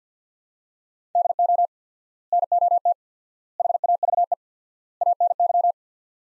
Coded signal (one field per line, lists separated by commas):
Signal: Morse code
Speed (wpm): 49 wpm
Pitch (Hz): 700 Hz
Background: none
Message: DO NOT HAVE ANY